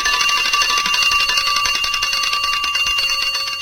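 An alarm clock rings nonstop, a loud, shrill metallic clatter with rapid buzzing pulses at a high pitch, steady the whole time with no voices.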